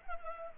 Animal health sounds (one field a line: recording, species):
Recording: mosquito wingbeat signal from an infrared sensor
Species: Culex pipiens